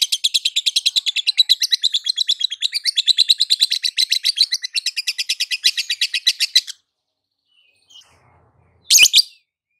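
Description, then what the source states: Lovebird song: fast, continuous buzzy chattering pulses for about seven seconds, then near silence and one short harsh note at the end. Continuous chattering (konslet) song, used for training other birds.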